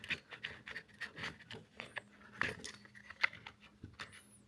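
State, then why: Not seated. A mounting system is lined up on the two rails of an Eberlestock Freefall 2000 Widow Maker backpack back plate and slid along them by hand. Several sharp hits stand out around 2.4 s and 3.2 s among rustling and scraping handling noise. The mount is handled but nothing has seated or clicked yet.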